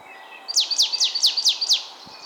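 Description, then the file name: Marsh tit calling a quick run of six sharp, high, downslurred notes, evenly spaced over about a second, against quiet background hiss. "Poecile palustris"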